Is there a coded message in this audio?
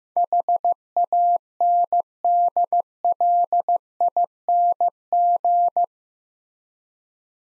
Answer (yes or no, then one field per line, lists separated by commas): yes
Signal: Morse code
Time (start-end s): 0.2-5.8 s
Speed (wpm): 15 wpm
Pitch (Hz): 700 Hz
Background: none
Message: HANDLING